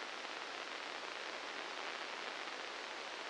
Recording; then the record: brain microelectrode recording played as sound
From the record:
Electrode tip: inside the subthalamic nucleus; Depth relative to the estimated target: -2 mm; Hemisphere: left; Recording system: NeuroSet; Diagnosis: Parkinson's disease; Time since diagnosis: 19 years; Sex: female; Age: 69 years